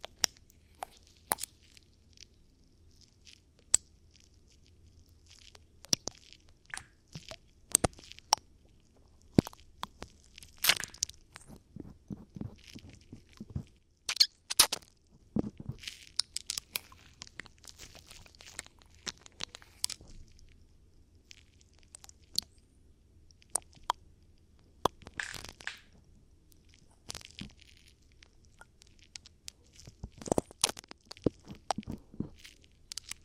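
Ear cleaning sounds made of sharp, scratchy crackles and soft crunches, arriving in irregular bursts throughout. Clusters of quick rustling taps come around ten to eighteen seconds and again near twenty-five and thirty seconds, over a faint steady low hum.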